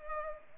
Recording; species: mosquito wingbeat signal from an infrared sensor; Culex pipiens